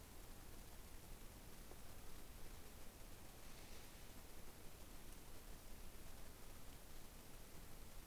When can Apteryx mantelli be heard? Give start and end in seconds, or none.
none